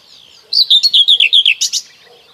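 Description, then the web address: Common whitethroat song: a quick run of about ten similar chirping notes dropping slightly in pitch, closed by a sharp, scratchier double note. "Kurs PTTK Przyroda Ptaki Cierniówka"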